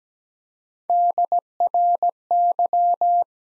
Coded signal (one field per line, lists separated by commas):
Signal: Morse code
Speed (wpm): 17 wpm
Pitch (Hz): 700 Hz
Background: none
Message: DRY